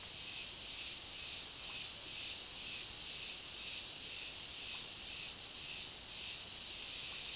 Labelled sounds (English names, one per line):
none